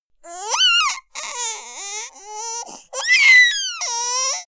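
Soft baby crying: four short bursts over about four seconds, each a high, tonal wail whose pitch rises and falls, with brief pauses for breath between. The cry is gentle and steady rather than frantic.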